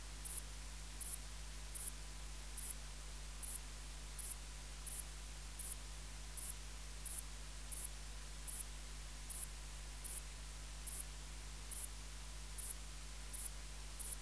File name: Ephippiger cruciger